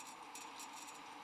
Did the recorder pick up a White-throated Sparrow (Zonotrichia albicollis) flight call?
no